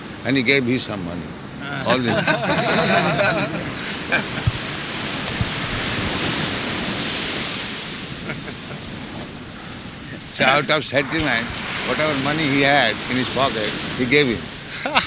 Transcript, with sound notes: And he gave him some money, all the money. [laughter] So out of sentiment, whatever money he had in his pocket, he gave him.